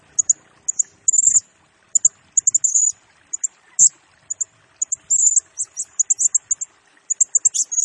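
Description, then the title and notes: Blue-crowned hanging parrot song, very high, thin chirps in short bursts, scattered irregularly with brief pauses. Masteran lure and training song of a Serindit singing actively in rapid-fire 'nembak' style, used to train and attract other birds, said to stir up all birds. "Burung Serindit Nembak Gacor Bikin Emosi Semua Burung. Suara Nasteran Dan Pemikat Burung Serinditan Gacor"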